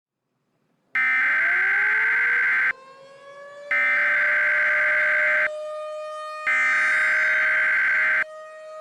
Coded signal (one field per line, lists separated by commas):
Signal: Emergency Alert System (SAME) tones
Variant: header bursts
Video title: EAS Scenario - Storm Dragon